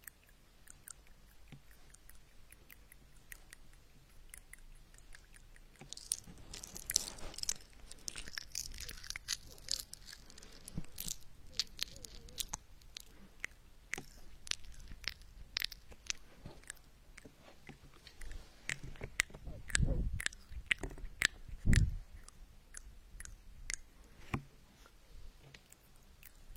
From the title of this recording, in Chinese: 跳跳糖在口腔要爆咯